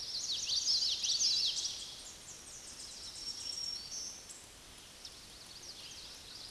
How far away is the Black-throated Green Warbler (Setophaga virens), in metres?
about 30 m